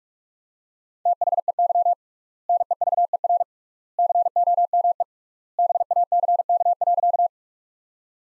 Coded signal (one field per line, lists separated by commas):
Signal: Morse code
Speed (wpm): 46 wpm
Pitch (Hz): 700 Hz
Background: none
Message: THEY NEVER COME BACK.